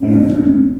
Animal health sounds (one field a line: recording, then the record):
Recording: squeal of a Yucatan mini pig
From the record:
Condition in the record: after surgery on the right vocal fold (resection and tissue-engineered implant)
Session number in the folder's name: 5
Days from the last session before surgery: 33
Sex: female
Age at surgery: 19 weeks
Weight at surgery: 25 kg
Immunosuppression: prednisolone